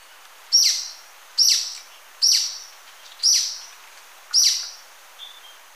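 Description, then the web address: Golden-crowned Flycatcher giving five loud, piercing high squeaks about a second apart, each dropping quickly, with quiet gaps between. Recorded in Ecuador. "Birds of Ecuador. Golden-crowned Flycatcher"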